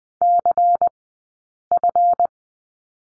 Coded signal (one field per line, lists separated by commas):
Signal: Morse code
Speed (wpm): 20 wpm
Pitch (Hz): 700 Hz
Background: none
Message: CF